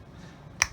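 A second plastic building piece is pressed onto the axle of a toy car build and seats with a single sharp snap at 0.6 s. Before the snap there is only quiet low background hum.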